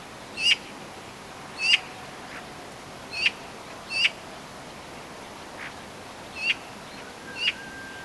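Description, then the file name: Eurasian magpie uttering harsh short chack notes at irregular intervals, with fainter notes between, over a level hiss. "Pica pica"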